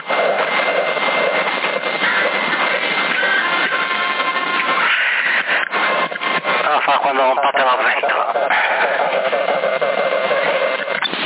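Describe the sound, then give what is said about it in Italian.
A CB radio transmission in Sassari with an echo box effect: a thin, band-limited voice smeared by warbling, repeating echoes over a steady hiss, loud and continuous throughout. “cassa di eco che c'ha.”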